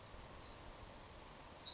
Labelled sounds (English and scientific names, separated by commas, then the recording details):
Savannah Sparrow (Passerculus sandwichensis)
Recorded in Sonoma County, California